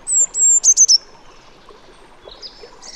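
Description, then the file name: Eurasian blue tit calling: two high thin sustained whistles and then three rapid clipped notes, later soft faint chips over low hiss. "Cyanistes caeruleus"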